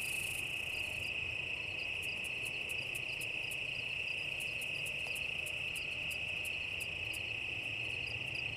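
Cicada song, a continuous shrill whine held throughout, opening with a brief higher buzz, then a run of rapid irregular clicks over the drone.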